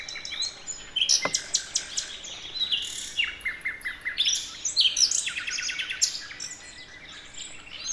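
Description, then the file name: Common nightingale song, busy and varied, with whistles, sweeps and chattering notes following closely; a brief click in the first two seconds. "Luscinia megarhynchos"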